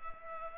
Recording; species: mosquito wingbeat signal from an infrared sensor; Culex pipiens